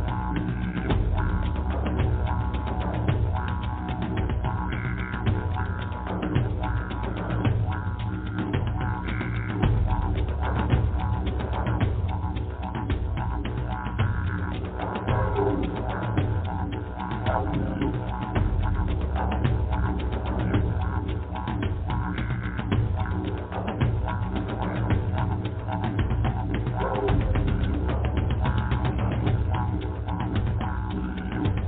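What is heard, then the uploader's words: Drumming runs steadily for the whole stretch, dense and fast with hits packed closely together. The sound is heavy and low, with a thick rumbling bottom and a dull, muffled top. Loudness holds level throughout, without pauses or breaks. DRUMMING.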